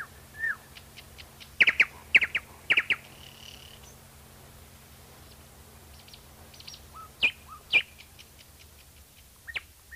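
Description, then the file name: Nightingale singing loud, clipped repeated notes in quick series, separated by pauses, with scattered softer chirps and a faint low hum. "solovey"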